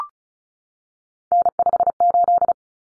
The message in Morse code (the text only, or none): N58